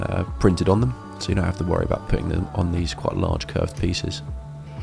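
A large, curved plastic front right mudguard piece with its stickers already printed on is handled near the front right of a LEGO McLaren Senna GTR 42123 model car body while someone talks over background music. The piece is being brought toward the body, but nothing has seated or clicked into place yet.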